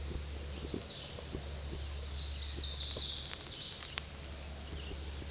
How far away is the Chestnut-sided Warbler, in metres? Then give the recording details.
about 25 m. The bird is about 10 m above the microphone. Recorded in a Pennsylvania forest on 16 May 2024 at 09:25. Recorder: AudioMoth, point MSD-2007. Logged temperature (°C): 16.1 °C. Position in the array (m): 18 m, 25 m